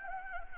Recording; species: mosquito wingbeat signal from an infrared sensor; Anopheles gambiae